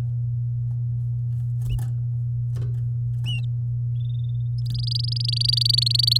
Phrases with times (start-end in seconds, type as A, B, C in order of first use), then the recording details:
4.58-6.18 A. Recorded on 8 May 2018 at 13:22. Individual llb16